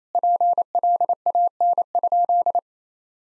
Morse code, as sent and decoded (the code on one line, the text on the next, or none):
.--. .-.. .- -. ..--..
PLAN?